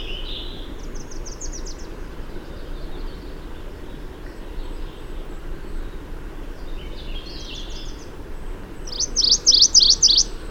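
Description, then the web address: MacGillivray's warbler song: a faint buzzy phrase early, then a louder series of sharp, repeated high notes near the end, over steady low background noise. "Mac Gillivray's Warbler Sounds --LNSCourse"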